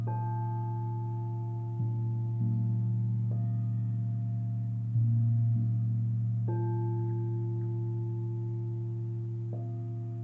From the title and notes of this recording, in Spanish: Cuencos tibetanos para dormir.